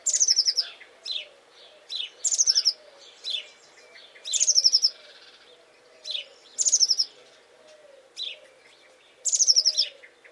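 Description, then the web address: Bird giving high, buzzy stuttering phrases roughly every two seconds, mixed with short descending notes over a soft low hum. "cianscape birddata Deverinetal 2025 File origin Bird Only Cy Ca"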